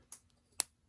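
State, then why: Seated. A plastic roller-coaster chain link, held with both hooks facing down, is dropped onto the next link of a toy coaster chain and snapped on. A softer broadband tick comes at about 0.1 s, then a sharp, bright click at 0.6 s as the link seats onto the next one.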